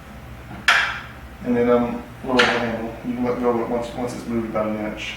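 A release lever on the blade handle lock of a PERFECT G12 PRO, G17 PRO or G17 PRO Elite metal paper cutter is pulled forward to unlock the raised blade handle. A sharp metallic clack sounds at 0.7 s, and someone talks afterward. The handle lock releases.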